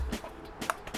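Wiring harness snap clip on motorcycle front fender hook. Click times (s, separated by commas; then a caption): 0.7 s. A plastic wiring-harness snap clip is worked by hand off its hook on the underside of a motorcycle front fender, ahead of removing the fender. Faint rustling and small handling taps lead to a sharp snap at 0.7 s as the clip pops free. The clip is released and done.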